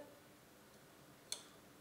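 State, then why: Seated. The revolving nosepiece of a light microscope is rotated to select the smallest objective lens, the 10x, until it detents into place. A single short, sharp click at 1.3 s stands out against quiet background noise, marking the objective seating in its detent.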